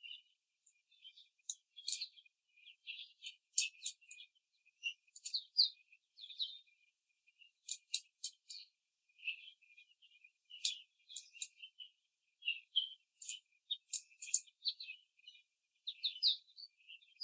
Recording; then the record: young laying hens in a cage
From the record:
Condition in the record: after the stressor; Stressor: simulated dog barking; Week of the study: 3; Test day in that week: 1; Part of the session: 3